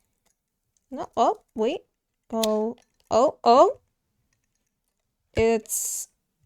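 A 3D-printed plastic piece of a Quintesson toy figure is pushed onto the figure's body while someone talks in short bursts, with a brief hissing noise near the end. Nothing has seated or clicked into place yet.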